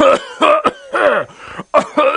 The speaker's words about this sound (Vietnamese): Âm thanh khàn khàn thoát ra khỏi miệng Thiên Cơ Tử, gã ho khù khụ, bọt máu trào ra khóe miệng.